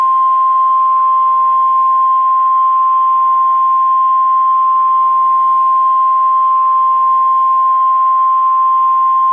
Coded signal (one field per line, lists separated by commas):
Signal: Emergency Alert System (SAME) tones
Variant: 1050 Hz attention tone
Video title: EAS Mini Scenario #13/EAS Recreation Mock #5: SVR (Severe Thunderstorm Warning) for my area